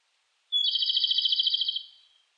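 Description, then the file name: Japanese robin song: a sharp whistled opening note then a loud, even, rapid trill of many pulses that fades at the end. Recorded 18 July 2004. "040718 komadori"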